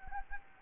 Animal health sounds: mosquito wingbeat signal from an infrared sensor; Anopheles arabiensis

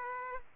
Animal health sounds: mosquito wingbeat signal from an infrared sensor; Aedes aegypti

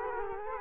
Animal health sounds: mosquito wingbeat signal from an infrared sensor; Culex quinquefasciatus

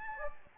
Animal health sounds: mosquito wingbeat signal from an infrared sensor; Anopheles gambiae

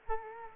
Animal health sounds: mosquito wingbeat signal from an infrared sensor; Culex quinquefasciatus

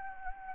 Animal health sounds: mosquito wingbeat signal from an infrared sensor; Anopheles gambiae

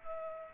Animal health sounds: mosquito wingbeat signal from an infrared sensor; Culex pipiens

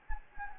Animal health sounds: mosquito wingbeat signal from an infrared sensor; Anopheles gambiae

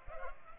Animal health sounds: mosquito wingbeat signal from an infrared sensor; Culex pipiens

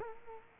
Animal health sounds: mosquito wingbeat signal from an infrared sensor; Culex quinquefasciatus

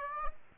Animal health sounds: mosquito wingbeat signal from an infrared sensor; Aedes aegypti

